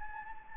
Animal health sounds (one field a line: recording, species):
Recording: mosquito wingbeat signal from an infrared sensor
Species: Anopheles gambiae